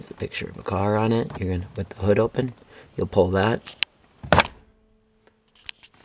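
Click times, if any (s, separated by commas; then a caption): 4.3 s. Someone talks as the driver pulls the interior hood release tab, marked with a picture of a car and located by the left footwell of a 2007–2014 Toyota Camry. At 4.3 s a sharp pop sounds as the hood latch at the front of the car pops open, releasing the hood.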